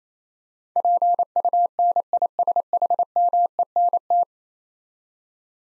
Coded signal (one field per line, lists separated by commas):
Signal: Morse code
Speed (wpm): 28 wpm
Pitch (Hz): 700 Hz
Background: none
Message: PUNISHMENT